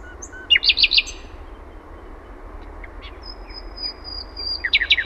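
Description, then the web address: Common nightingale song with a short cluster of sharp notes, a long thin level whistle, then another quick burst of notes. Own recording made in Finland. "OMAT AANITYKSET ETELAN SATAKIELI"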